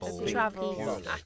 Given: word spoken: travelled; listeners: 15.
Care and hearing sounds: one English word in noise, from a listening test; four-talker babble; 0.9 dB; 0 of 15; 9 of 15; 0.86 s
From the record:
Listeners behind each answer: 9, 5, 1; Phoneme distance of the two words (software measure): 7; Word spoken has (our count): 2 syllables, 6 phonemes, stress on syllable 1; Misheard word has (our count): 2 syllables, 5 phonemes, stress on syllable 1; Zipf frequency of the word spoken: 4.40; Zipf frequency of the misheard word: 4.82

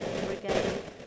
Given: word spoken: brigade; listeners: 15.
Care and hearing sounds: one English word in noise, from a listening test; noise modulated by three-talker babble; -7.6 dB; 3 of 15; 6 of 15; 0.67 s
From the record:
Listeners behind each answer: 6, 4, 3, 1, 1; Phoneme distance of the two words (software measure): 17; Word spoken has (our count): 2 syllables, 6 phonemes, stress on syllable 2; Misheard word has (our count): 2 syllables, 5 phonemes, stress on syllable 2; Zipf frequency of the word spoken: 3.85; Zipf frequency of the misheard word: 3.53

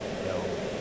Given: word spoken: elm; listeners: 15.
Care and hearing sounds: one English word in noise, from a listening test; speech-shaped noise; -4.5 dB; 0 of 15; 6 of 15; 0.41 s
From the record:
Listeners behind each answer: 6, 2, 2, 1, 1, 1, 1, 1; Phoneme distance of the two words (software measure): 30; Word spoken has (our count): 1 syllable, 3 phonemes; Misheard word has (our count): 1 syllable, 3 phonemes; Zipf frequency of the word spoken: 3.40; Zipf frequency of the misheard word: 5.17

